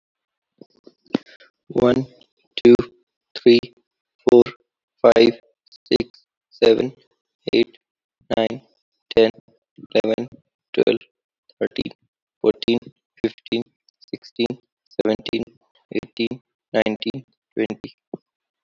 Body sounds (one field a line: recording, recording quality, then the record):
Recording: counting at a normal pace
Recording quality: excellent, no background noise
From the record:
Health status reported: healthy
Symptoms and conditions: none ticked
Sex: male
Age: 25 years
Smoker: not ticked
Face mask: not worn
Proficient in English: yes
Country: India